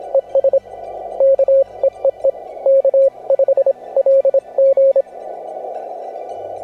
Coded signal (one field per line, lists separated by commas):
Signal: Morse code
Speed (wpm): 26 wpm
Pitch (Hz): 560 Hz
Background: music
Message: ES K EEE K5LG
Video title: MORSE CODE: AN AUDITORY JOURNEY #cw #morsecode